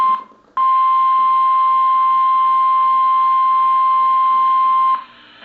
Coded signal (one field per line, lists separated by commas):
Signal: Emergency Alert System (SAME) tones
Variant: 1050 Hz attention tone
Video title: Pre-Independence Day EAS Marathon! July 3, 2022 (EAS#630-650)